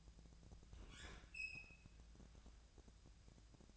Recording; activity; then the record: daily activity, microphone in the room; open fridge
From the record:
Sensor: 2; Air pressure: 999.9 hPa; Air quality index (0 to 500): 124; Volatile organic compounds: 2 ppm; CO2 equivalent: 1069 ppm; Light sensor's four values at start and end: 32/81/35/38 and 32/81/35/38